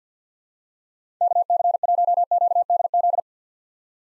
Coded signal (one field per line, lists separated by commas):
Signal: Morse code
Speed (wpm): 50 wpm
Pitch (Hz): 700 Hz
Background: none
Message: KC1QDZ